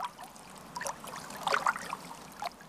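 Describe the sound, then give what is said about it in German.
Soft, steady trickling of river water with small bright splashes and gurgles popping up irregularly, fairly quiet throughout, with no voices present. “rannte das letzte Stück Weges zum Fluss hinunter und zu dem überhängenden Baum, dessen Zweige fast das Wasser streiften.”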